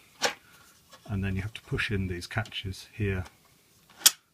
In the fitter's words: it clicks into place and then it quite solidly in and I can't move either way so